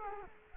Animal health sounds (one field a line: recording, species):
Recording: mosquito wingbeat signal from an infrared sensor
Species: Culex quinquefasciatus